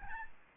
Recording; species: mosquito wingbeat signal from an infrared sensor; Aedes albopictus